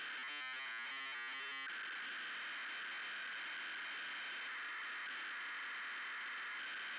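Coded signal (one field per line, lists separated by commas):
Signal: ZX Spectrum tape loading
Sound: short buzzy stepped tones, then a continuous harsh rasping data screech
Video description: The noise you hear is actually the cassette tape communicating its code into the Spectrum.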